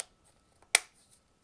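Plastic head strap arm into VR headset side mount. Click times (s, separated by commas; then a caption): 0.8 s. A plastic head strap arm from an Oculus Quest 2 Elite Strap is pushed front-first into its slot on the side mount of the VR headset body. After a faint tick near 0.6 s, a single sharp snap is heard at 0.8 s as the arm seats, and the fit is confirmed.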